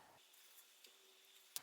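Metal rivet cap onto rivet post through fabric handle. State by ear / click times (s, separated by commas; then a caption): seated / 1.6 s. A metal rivet cap is fitted onto a rivet post through a fabric handle on the other side and snapped down by hand. A faint tick comes at 0.9 s, then a sharp snap at 1.6 s as the cap seats, though it is still somewhat wiggly before being pressed.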